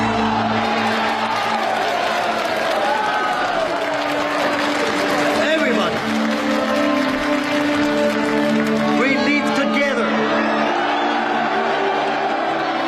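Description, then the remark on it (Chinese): A large crowd of workers cheers and shouts in a sustained, loud roar, with scattered whoops and clapping rising and falling over several seconds. “冷风要带所有人走，他的话音刚落，现场的工人立刻欢呼起来。”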